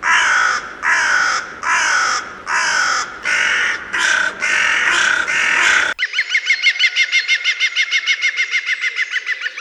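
Bird calls: a run of harsh, broad-band squawks about every two-thirds of a second, then a fast rattling series of short clipped notes.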